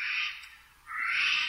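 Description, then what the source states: Eurasian jay's rasping screech, two hoarse bursts separated by a short pause. Source titles the recording カケスの雲溜め (kumodame).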